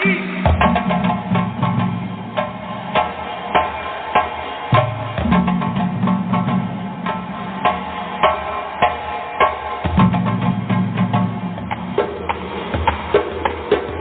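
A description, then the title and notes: Drumming with a steady, even beat, sharp hits landing roughly twice a second throughout. A low droning tone runs underneath, cutting out briefly near five and ten seconds and changing pitch around twelve. The whole recording sounds dull, with no bright top. DRUMMING SOUNDS,VIBRATION FREQUENCIES.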